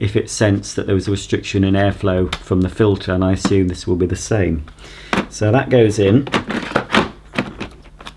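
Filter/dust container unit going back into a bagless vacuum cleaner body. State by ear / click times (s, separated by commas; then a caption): seated / 6.9 s, 7.4 s. A filter and dust container unit, removed for cleaning, is pushed back into the body of a Miele Blizzard CX1 Parquet bagless vacuum cleaner while someone talks. Hard plastic knocks and clicks ring out near the end, and the part locks into place with clicks at 7.0 and 7.4 seconds.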